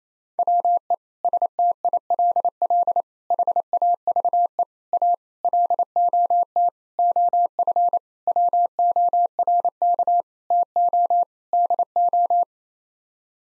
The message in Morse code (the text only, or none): WE STILL HAVE A LOT OF WORK TO DO